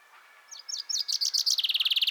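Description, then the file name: Common chaffinch song opening: high, sparse notes that quicken into a rapid, even trill of repeated chirps. "Fringilla coelebs"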